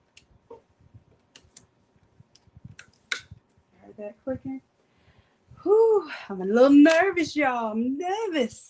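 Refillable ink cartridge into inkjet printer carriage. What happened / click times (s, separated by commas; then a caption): The cartridge snapped into place / 3.1 s. The last refillable sublimation ink cartridge with chips is pushed into the carriage of an Epson WF-7820 inkjet printer, which is being converted to sublimation; these cartridges click when inserted. Faint small clicks and rustles build to one loud, sharp click at 3.1 s as the cartridge snaps home and seats. Afterward someone talks.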